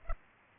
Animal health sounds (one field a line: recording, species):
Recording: mosquito wingbeat signal from an infrared sensor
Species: Culex pipiens